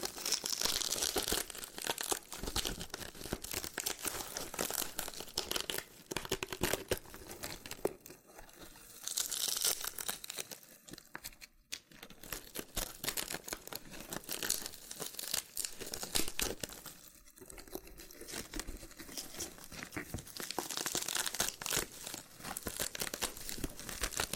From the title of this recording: Loofah Triggers with Intense Peeling & Popping Sounds